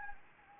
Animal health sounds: mosquito wingbeat signal from an infrared sensor; Anopheles gambiae

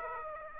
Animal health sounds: mosquito wingbeat signal from an infrared sensor; Aedes aegypti

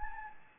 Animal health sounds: mosquito wingbeat signal from an infrared sensor; Anopheles gambiae

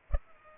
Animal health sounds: mosquito wingbeat signal from an infrared sensor; Culex pipiens

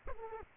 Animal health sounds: mosquito wingbeat signal from an infrared sensor; Culex quinquefasciatus

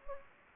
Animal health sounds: mosquito wingbeat signal from an infrared sensor; Anopheles gambiae

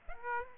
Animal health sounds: mosquito wingbeat signal from an infrared sensor; Aedes aegypti

